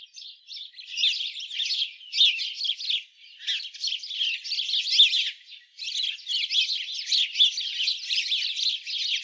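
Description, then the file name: House sparrow chirps pour out in bursts of harsh, overlapping chatter, broken by a few brief lulls. "Passer domesticus"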